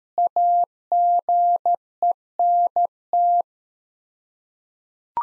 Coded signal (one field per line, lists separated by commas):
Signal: Morse code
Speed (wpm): 13 wpm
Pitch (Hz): 700 Hz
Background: none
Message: AGENT